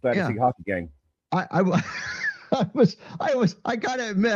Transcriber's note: laughs